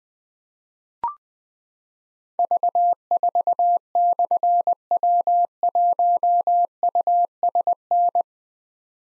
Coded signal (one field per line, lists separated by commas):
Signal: Morse code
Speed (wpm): 20 wpm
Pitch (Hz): 700 Hz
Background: none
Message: V4/W1USN